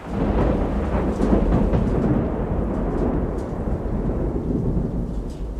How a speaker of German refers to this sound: Das Unwetter brach los mit aller Macht, als wir buchstäblich in letzter Sekunde den Hafen von Bastia erreichten.